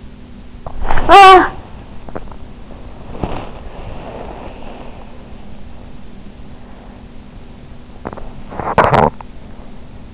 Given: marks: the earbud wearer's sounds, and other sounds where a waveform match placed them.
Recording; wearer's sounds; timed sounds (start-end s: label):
sounds in sleep by an in-ear microphone; talking in sleep, body movement, teeth grinding
0.00-1.96 s: talking in sleep
1.83-5.39 s: body movement
7.69-10.14 s: teeth grinding